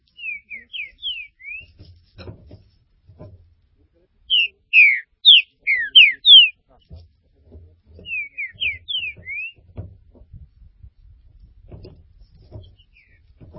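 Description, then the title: Green-winged saltator song, phrases of several slurred whistles repeated every few seconds, with soft low thumps and rustling between phrases. "Trinca Ferro"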